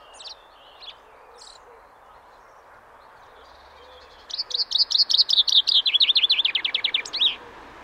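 Common chaffinch song: a few sharp high notes, then a rapid descending trill of repeated notes ending in a brief flourish, about three seconds long.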